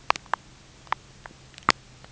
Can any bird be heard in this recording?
no